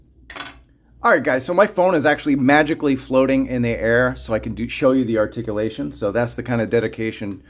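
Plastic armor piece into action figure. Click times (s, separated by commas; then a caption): 0.3 s. A plastic armor piece is pressed into a Marvel Legends Hulkbuster Iron Man action figure (85 Years, 2024) and gives one short, sharp plastic snap at 0.3 s as it pops right in and seats. Someone then talks for the rest of the clip.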